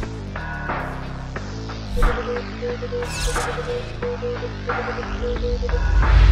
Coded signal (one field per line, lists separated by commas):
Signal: Morse code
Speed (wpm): 24 wpm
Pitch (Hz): 480 Hz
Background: music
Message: VK4GHZ